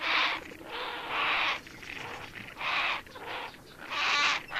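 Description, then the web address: Great Blue Heron uttering rough, grating squawks one after another with little pause, uneven in length and loudness. "Songs of Birds of North America Stokes. Great Blue Heron"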